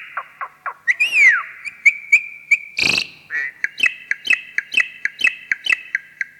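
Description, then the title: Javan pied starling: a few short notes, a falling whistle, scattered chirps, a harsh rasp, then a steady series of short whistled notes. "Jalak Uren"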